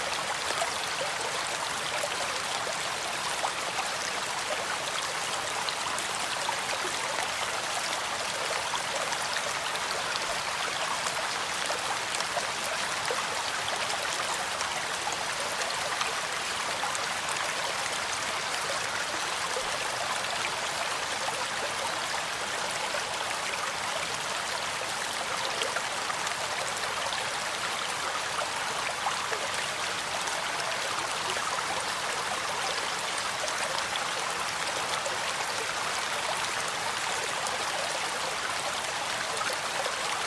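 Rain falls in a steady, dense hiss that holds at the same level for the whole forty seconds. The sound is bright, made of countless tiny patters blurring together like running water, with little low rumble underneath and no distinct events standing out.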